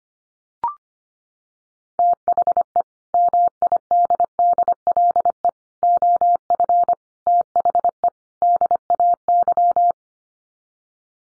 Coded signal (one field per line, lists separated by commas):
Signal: Morse code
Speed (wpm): 25 wpm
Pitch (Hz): 700 Hz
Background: none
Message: THE MIDDLE OF THE DAY